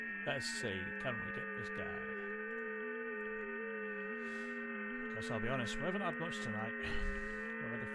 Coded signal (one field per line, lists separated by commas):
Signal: FT8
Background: speech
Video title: Ham Radio (LIVESTREAM) hunting Europe on wsjtx